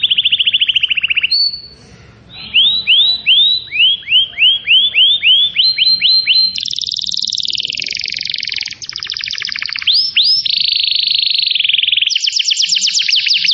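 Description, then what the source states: Atlantic canary song, a long varied run of fast trills and repeated rising chirps, shifting between high buzzy rolls and sweeping notes, with a brief pause early on. Used to lure birds.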